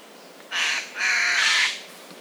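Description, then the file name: Eurasian jay uttering two harsh, hoarse screeches in quick succession, the second longer, over a quiet background. "Garrulus glandarius"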